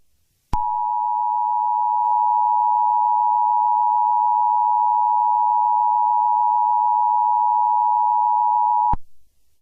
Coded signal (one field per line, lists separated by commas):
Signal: Emergency Alert System (SAME) tones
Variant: 853 and 960 Hz attention tone